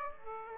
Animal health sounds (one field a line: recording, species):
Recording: mosquito wingbeat signal from an infrared sensor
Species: Aedes aegypti